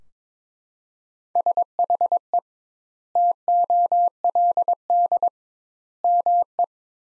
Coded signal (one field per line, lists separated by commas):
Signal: Morse code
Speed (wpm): 22 wpm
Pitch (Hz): 700 Hz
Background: none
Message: SHE TOLD ME